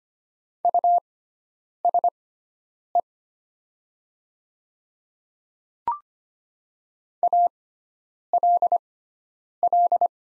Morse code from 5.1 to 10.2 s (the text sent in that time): ALL